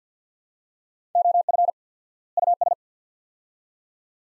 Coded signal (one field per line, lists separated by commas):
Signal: Morse code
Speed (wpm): 50 wpm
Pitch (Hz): 700 Hz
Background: none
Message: OF US